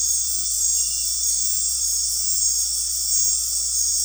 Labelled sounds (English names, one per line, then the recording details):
none
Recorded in dense forest near Puerto Asís, Putumayo, Colombia, on 13 March 2025 at 19:30
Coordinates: 0.503, -76.323
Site GP09